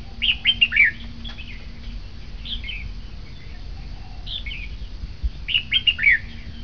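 Bulbul calls: short bubbly, liquid notes in quick groups of two to four, repeated after pauses, over a low steady hum and background noise.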